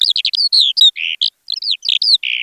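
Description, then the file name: Eurasian skylark song: a fast stream of chirps, trills and short slurred notes, varied and high-pitched, with no other sounds. "ALLODOLABT"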